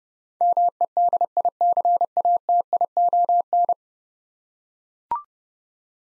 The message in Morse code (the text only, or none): MEDICATION